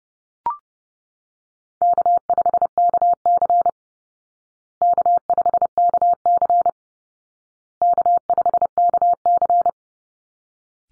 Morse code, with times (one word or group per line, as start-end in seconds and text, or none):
1.8-3.7 K5KC
4.8-6.7 K5KC
7.8-9.7 K5KC